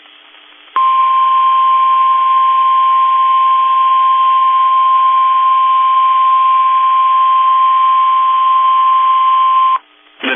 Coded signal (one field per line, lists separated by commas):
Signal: Emergency Alert System (SAME) tones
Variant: 1050 Hz attention tone